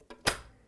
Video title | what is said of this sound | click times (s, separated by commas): Sewing Street –10/01/2021 – Join Wendy Gardiner for Confetti Quilting with Delphine Brooks | and you can hear that clunk and basically what's happened is you've got these little tubes here in there | 0.3 s